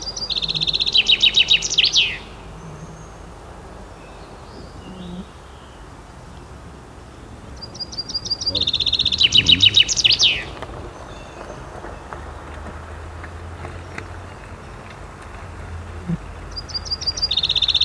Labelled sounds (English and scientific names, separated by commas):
Common Chaffinch (Fringilla coelebs) song